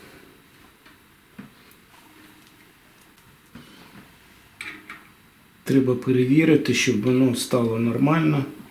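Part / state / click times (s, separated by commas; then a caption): bicycle front hub or wheel lock closing onto the fork / not seated / none. After reassembly and lubrication of a bicycle front hub, the wheel lock is handled where it closes onto the fork, to check that it works normally so nothing falls out. A few faint ticks and knocks are heard around 1.4, 3.6, 4.6 and 4.9 seconds, then someone talks from about 5.7 seconds to the end. Nothing has clicked shut or seated yet.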